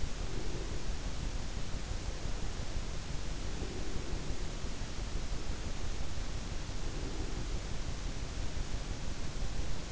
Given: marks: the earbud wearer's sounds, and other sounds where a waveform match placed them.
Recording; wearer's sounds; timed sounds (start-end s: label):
sounds in sleep by an in-ear microphone; breath
0.00-0.86 s: breath
3.40-4.93 s: breath
6.83-7.84 s: breath